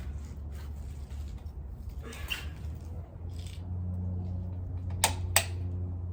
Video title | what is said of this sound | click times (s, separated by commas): JEEP WRANGLER 2012 3.6l PCV VALVE CHANGE PROBLEMS - DOUBLE DOMINATORS | You hear that click? | 5.0 s, 5.4 s